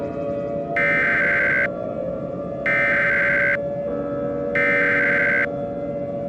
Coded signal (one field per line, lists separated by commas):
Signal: Emergency Alert System (SAME) tones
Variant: header bursts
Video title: EAS Short - Sun Fuzzies (Ni Hao Kai-Lan)